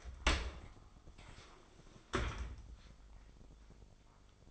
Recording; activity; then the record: daily activity, microphone in the room; open dishwasher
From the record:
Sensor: 5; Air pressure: 995.9 hPa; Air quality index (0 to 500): 104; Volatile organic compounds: 7 ppm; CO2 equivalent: 2009 ppm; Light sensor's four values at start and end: 42/99/42/45 and 42/100/41/44